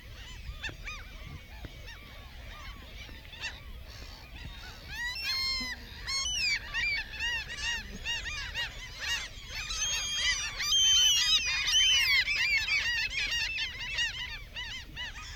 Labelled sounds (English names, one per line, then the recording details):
Mediterranean Gull call
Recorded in the wild
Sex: female
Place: Langenwerder, Mecklenburg-Vorpommern, DE
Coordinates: 54.027, 11.493
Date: 1969-06-08
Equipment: Nagra III BH, 2 Sennheiser MD 421, Kabel
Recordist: Schubert, Michael